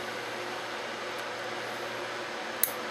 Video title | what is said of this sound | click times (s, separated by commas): MrBulldozer's Haunt 5-22 Vlog using CAT5 Cable to run your RGB Flood Lights | you want to go ahead and make sure you fasten that in here make sure you listen for that click now | 2.6 s